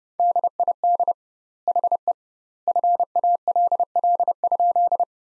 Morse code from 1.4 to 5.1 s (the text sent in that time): HE FALL?